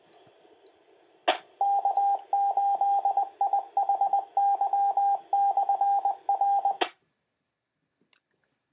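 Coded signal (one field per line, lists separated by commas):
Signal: Morse code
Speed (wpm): 20 wpm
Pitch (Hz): 800 Hz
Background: radio noise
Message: K8IHY/R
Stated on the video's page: First on-air contact (QSO), with a temporary indoor antenna on a bookcase.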